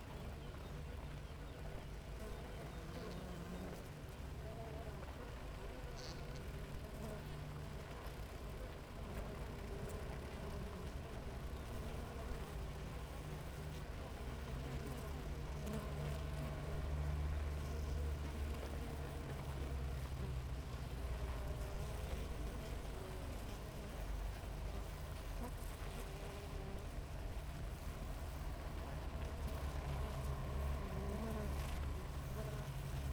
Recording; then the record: honeybee colony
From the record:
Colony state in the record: active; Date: 28 July 2017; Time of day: 6:35